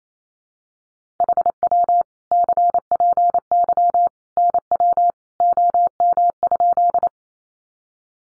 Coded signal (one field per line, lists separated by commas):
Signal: Morse code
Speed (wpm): 28 wpm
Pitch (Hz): 700 Hz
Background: none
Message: HW CPY NW OM?